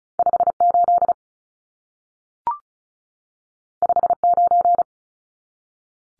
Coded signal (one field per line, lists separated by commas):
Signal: Morse code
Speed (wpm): 36 wpm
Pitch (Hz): 700 Hz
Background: none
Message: 58 59